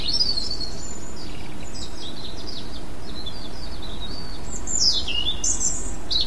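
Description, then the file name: European robin song: a continuous run of high, varied warbling phrases with thin whistles and quick twittery trills, rising and falling throughout, over a constant low rumble. "rouge gorge"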